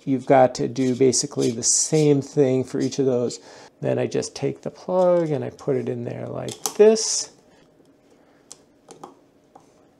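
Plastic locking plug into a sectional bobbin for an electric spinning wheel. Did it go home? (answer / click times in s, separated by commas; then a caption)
yes / 8.5 s. Someone talks, then pushes a 3D-printed plastic plug into one section of a sectional bobbin for an electric spinning wheel to lock that section against rotation. The plug snaps into place with a sharp plastic click at 8.5 s, followed by two softer plastic taps at about 8.9 s and 9.0 s. The plug is seated.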